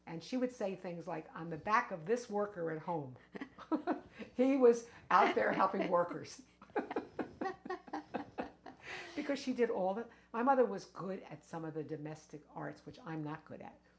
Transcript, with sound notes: And she would say things like, "On the back of this worker at home." (Laughs) He was out there helping workers. (Both laugh) Because she did all the - my mother was good at some of the domestic arts, which I'm not good at.